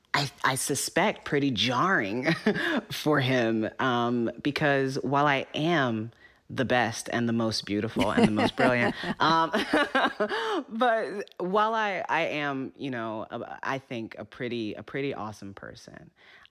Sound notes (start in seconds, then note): 2.2 laughter; 8.0 laughter